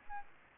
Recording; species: mosquito wingbeat signal from an infrared sensor; Aedes albopictus